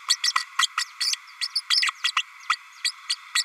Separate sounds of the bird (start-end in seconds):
0.10-0.16, 0.23-0.32, 0.59-0.68, 0.77-0.84, 1.00-1.16, 1.41-1.48, 1.55-1.61, 1.85-1.91, 2.04-2.12, 2.16-2.23, 2.49-2.56, 2.84-2.92, 3.09-3.16, 3.35-3.44